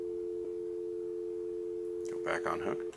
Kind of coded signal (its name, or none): telephone call progress tone